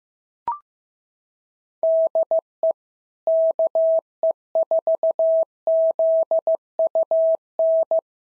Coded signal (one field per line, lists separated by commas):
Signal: Morse code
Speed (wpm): 15 wpm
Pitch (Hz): 650 Hz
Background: none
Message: DE KE4ZUN